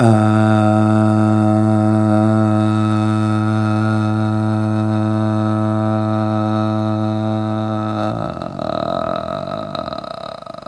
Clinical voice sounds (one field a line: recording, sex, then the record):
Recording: sustained vowel /a/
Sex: male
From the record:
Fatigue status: fatigue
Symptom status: symptomatic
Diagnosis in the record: COVID-19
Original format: m4a